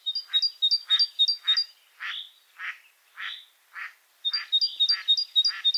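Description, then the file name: Great tit song, fast ringing two-note phrases at start and end, interrupted by four harsh, buzzy rasping notes in the middle. "Parus major"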